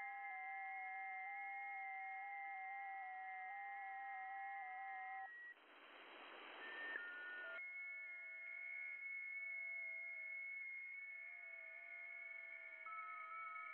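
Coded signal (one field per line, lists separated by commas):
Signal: FT8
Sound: several overlapping steady warbling tones stepping slowly in pitch, brief hiss burst midway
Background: radio static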